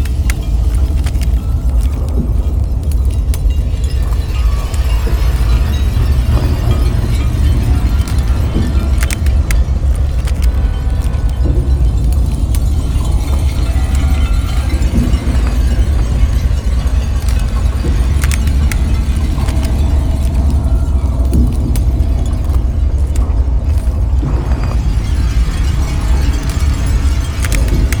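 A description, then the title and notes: Sea waves roar steadily, a dense, heavy low rumble that barely changes for the whole half minute. Brief sharp clicks and clinks scatter irregularly over it, a few every several seconds, with faint hissing washes rising and falling higher up. Recordings from the sea, bottle banks & breaking glass..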